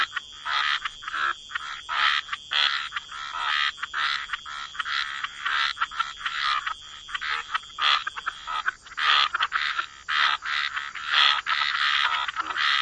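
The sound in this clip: Frog chorus of rapid overlapping croaks forming a busy, nearly unbroken din, a constant high whine running underneath.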